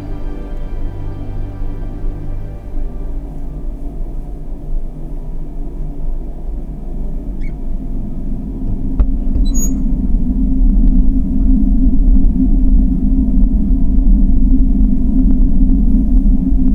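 A deep machine rumble with low hum, thickening and growing louder after about nine seconds, with faint clicks and a brief high chirp near ten.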